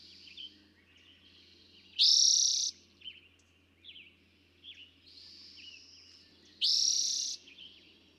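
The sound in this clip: Eastern towhee song given twice, about four and a half seconds apart, each a rich, rapid trill.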